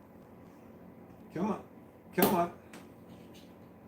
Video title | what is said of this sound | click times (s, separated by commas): Legos Therapy to combat Suicidal Ideation #autism #cptsd #short #shorts | I can't get this apart okay so the satisfying snap that there's a lot of buildup for nothing happening there my bad | none